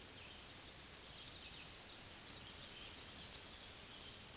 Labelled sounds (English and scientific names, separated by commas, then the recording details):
Black-and-white Warbler (Mniotilta varia) song
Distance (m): 30 m
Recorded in a Pennsylvania forest on 20 May 2023 at 06:53
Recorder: AudioMoth, point grid1_33_low
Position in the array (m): 76 m, 120 m